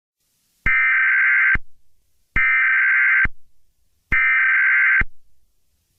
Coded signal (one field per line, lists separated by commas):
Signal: Emergency Alert System (SAME) tones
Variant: header bursts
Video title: EAS Scenario #5: Laughing Jack Rampage of London.